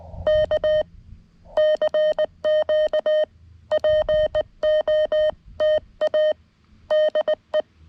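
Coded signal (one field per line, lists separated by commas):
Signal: Morse code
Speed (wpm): 19 wpm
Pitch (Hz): 620 Hz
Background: none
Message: K CQ POTA DE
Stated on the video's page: QRP CW Parks on the Air activation from a state forest using a lightweight field kit, with hunters calling.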